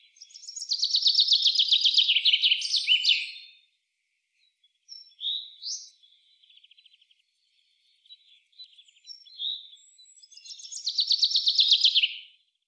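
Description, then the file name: Common chaffinch song: a rattling, descending run of rapid notes ending in a flourish, heard twice, with softer calls between. "Fringilla coelebs"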